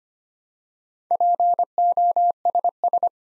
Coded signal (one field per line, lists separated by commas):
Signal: Morse code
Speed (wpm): 25 wpm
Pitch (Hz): 700 Hz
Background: none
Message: POSS